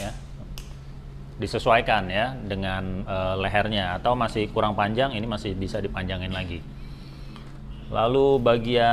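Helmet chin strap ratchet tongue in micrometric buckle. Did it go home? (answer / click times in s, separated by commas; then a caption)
yes / 0.6 s. On an Airoh REV19 Leaden Matt modular helmet, the serrated plastic tongue of the chin strap is pushed further into the micrometric buckle because the strap is not tight enough, ratcheting in with single clicks while the fit is adjusted. A sharp click is heard at 0.6 s, and someone talks throughout. The tongue seats further into the buckle.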